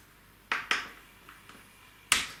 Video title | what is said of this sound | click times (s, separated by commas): RDWorks Learning Lab 118 One Piece Tube and Mirror Mount DESIGN | and they just snap into place like that and this one snaps into here and holds that together | 0.5 s, 2.1 s